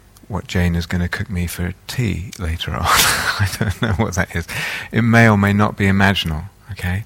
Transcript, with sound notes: what Jane is going to cook me for tea later on... [laughs] I don't know what that is. It may or may not be imaginal, okay?